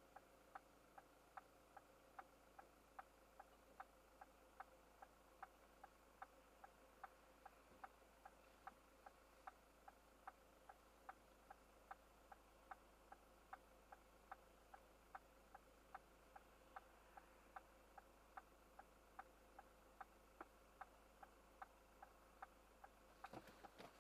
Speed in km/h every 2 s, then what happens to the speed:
0, 0, 0, 0, 0, 0, 0, 0, 0, 0, 0, 0.
0-24 standing.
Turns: none.